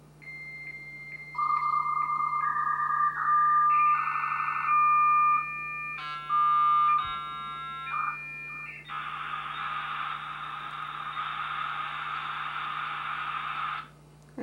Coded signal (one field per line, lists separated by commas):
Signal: dial-up modem handshake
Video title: US Robotics Courier V.Everything serial modem (1996)